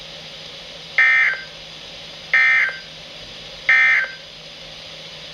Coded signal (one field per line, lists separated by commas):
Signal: Emergency Alert System (SAME) tones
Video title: EAS #1455-#1469: Enhanced in Kentucky! | WWG81, WZ2500, WXM72, WXM71, & WXL60